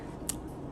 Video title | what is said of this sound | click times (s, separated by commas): Houston Cosmetic Dentist...Got Gaps? Yellow teeth? The solution is Snap-on Smile! | You hear it snap, bite down, smile. | 0.3 s